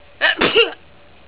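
A single two-part sneeze from an adult: a brief voiced intake followed by an explosive hissing burst.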